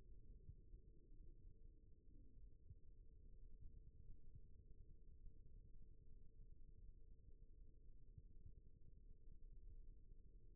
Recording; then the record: forearm muscle sounds (acoustic myography)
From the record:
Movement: rest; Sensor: system 1, eight BSWA MPA416 microphones around the upper forearm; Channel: 4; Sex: male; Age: 18 years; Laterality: right